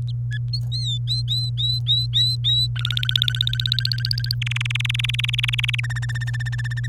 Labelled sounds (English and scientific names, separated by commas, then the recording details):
Domestic Canary (Serinus canaria) song
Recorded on 27 April 2018 at 05:51
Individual llb3